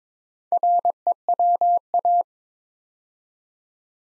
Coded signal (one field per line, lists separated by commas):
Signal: Morse code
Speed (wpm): 22 wpm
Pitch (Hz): 700 Hz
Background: none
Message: REWA